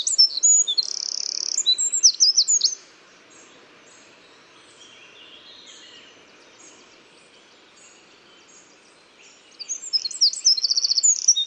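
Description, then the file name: Eurasian wren song: a loud outpouring of high chattering notes and trills, then about seven seconds of quiet, then another rapid trilling phrase begins. "Troglodytes troglodytes"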